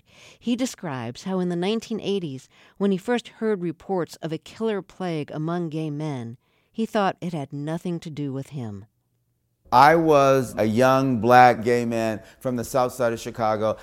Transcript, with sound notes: He describes how in the 1980s, when he first heard reports of a killer plague among gay men, he thought it had nothing to do with him.
(SOUNDBITE OF TELEVISION PROGRAM, "ENDGAME")
I was a young, black, gay man from the South Side of Chicago.